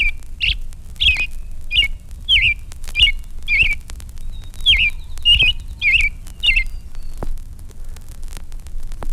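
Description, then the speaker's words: American Robin song, a run of short, clear whistled phrases repeated a little under twice a second, then stopping after about seven seconds. Song described as a rather indefinite carol, similar to the songs of tanagers and grosbeaks. "First, the rather indefinite carol of a robin."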